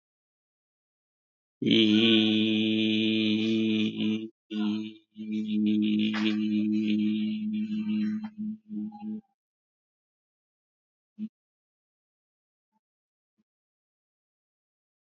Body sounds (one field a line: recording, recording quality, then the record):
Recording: sustained vowel as in beet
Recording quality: excellent, no background noise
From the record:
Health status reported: healthy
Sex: male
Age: 60 years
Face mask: worn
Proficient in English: yes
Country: India